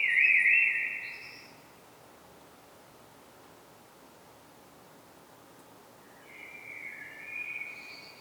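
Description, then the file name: Common blackbird song: one loud fluty phrase with a brief high twitter, several seconds of quiet, then a second warbled phrase at the end. "Turdus merula"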